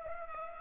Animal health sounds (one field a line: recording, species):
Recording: mosquito wingbeat signal from an infrared sensor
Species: Culex pipiens